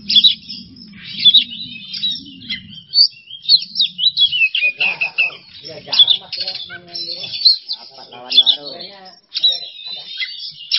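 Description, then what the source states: Oriental magpie-robin pouring out continuous high, twittering song, over a faint low hum early on. Masteran training recording for songbirds; kacer song in 'bongkar isian emosi' style.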